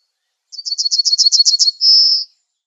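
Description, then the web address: Yellowhammer singing one phrase, about ten quick high chipping notes followed by a longer sustained whistled tail note. "Schulze Peter Yellowhammer song"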